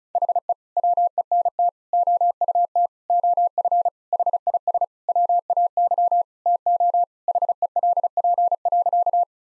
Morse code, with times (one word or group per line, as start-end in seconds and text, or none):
0.2-0.5 HE
0.8-1.7 WENT
1.9-2.9 OUT
3.1-3.9 OF
4.1-4.8 HIS
5.1-6.2 WAY
6.5-7.0 TO
7.3-9.2 HELP.